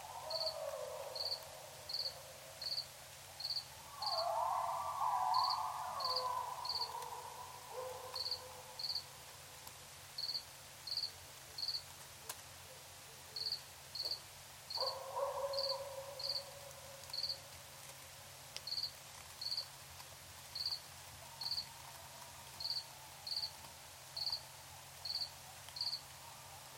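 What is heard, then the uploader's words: Crickets chirp at night in a steady, regular pattern, high-pitched pulses coming in short bursts with brief gaps throughout. A hazy, lower sound swells twice, around four to eight seconds and again near fifteen seconds, under a faint constant low hum. Crickets and coyotes. Recorded in Tiny, Ontario by Anton Pickard.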